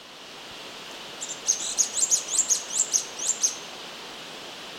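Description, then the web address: Orange-crested flycatcher giving a quick series of sharp, very high notes over a steady faint hiss. Ecuador. "Birds of Ecuador Orange-crested Flycatcher"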